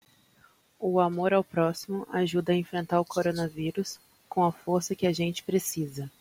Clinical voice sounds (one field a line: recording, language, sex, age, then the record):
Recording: spoken sentence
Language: Brazilian Portuguese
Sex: female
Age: 20 to 29 years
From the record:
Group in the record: control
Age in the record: 25 years